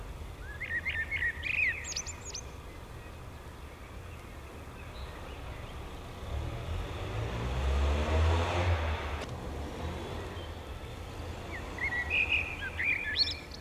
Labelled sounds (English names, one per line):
Common Blackbird song